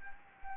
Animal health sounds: mosquito wingbeat signal from an infrared sensor; Anopheles gambiae

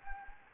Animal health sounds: mosquito wingbeat signal from an infrared sensor; Anopheles gambiae

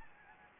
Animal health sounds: mosquito wingbeat signal from an infrared sensor; Anopheles gambiae

